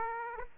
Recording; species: mosquito wingbeat signal from an infrared sensor; Aedes aegypti